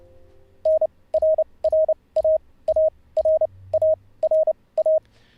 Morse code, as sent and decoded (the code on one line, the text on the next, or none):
-. / .-. .-. .- / .- / .-. / .- / .-. / .-
N RRA A R A R A